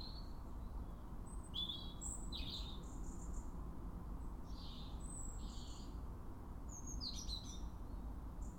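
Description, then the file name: European robin giving high, fluid warbled phrases and quick trills in several bursts, with low background rumble throughout. "Erithacus rubecula"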